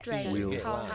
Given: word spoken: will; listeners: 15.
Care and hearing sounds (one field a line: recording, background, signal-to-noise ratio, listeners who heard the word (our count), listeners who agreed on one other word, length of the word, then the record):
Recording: one English word in noise, from a listening test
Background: four-talker babble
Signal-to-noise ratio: 0.1 dB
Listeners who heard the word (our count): 3 of 15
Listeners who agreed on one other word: 8 of 15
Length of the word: 0.55 s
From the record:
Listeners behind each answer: 8, 3, 1, 1, 1, 1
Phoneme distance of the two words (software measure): 10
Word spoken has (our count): 1 syllable, 3 phonemes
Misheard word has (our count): 1 syllable, 3 phonemes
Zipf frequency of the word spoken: 6.55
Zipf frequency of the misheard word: 4.51